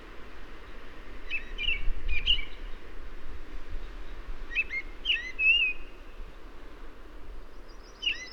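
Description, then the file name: American robin calls: short high chirping notes in two clusters, then a brief note near the end, over steady low rumbling background noise. "Turdus migratorius - American Robin"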